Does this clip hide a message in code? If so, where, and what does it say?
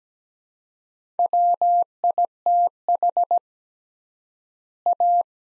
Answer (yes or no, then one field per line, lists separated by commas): yes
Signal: Morse code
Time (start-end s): 1.2-5.2 s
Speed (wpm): 17 wpm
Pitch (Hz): 700 Hz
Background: none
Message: WITH A